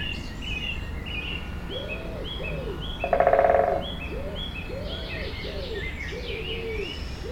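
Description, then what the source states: Woodpecker drumming: a single quick rattling burst amid repeated low cooing calls and thin high chirps from other birds. Binaural recording.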